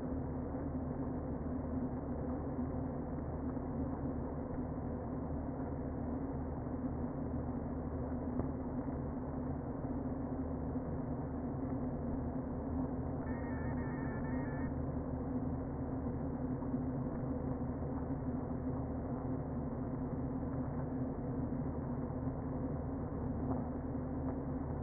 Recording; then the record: honeybee colony, microphone inside the hive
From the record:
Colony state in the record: queen present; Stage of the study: before two queens were removed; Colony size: about 60,000 bees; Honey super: yes